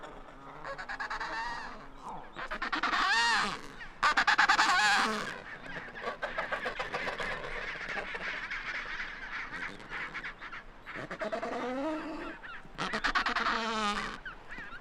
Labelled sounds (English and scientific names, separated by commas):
Adelie Penguin (Pygoscelis adeliae) call